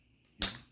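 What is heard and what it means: A plastic dust filter grating is pressed onto the rear housing of a rebuilt Milwaukee 2781-20 angle grinder. After a faint, quiet stretch, a single sharp, bright snap rings out at 0.4 s and decays over about a quarter second. The grating locks in place.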